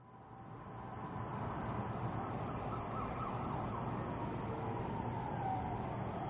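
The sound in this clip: Cricket chirping in steady, rapid high pulses several times a second, with a low rumbling background hum throughout.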